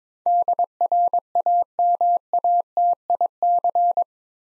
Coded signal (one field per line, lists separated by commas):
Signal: Morse code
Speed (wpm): 22 wpm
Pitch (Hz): 700 Hz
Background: none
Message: DRAMATIC